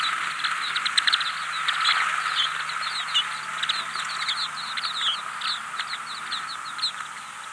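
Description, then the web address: Lapland longspur calls: short, sharp chips and rattly notes, often repeated in quick bursts, over a steady mid-pitched hum. "longspur"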